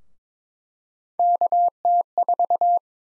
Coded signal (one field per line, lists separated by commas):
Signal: Morse code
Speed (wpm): 23 wpm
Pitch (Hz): 700 Hz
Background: none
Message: KT4